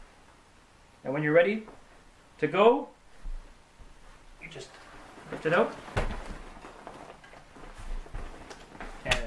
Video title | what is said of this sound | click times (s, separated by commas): Baby Jogger City Mini GT Stroller UNBOXING & REVIEW | snaps in place that's it and | 9.1 s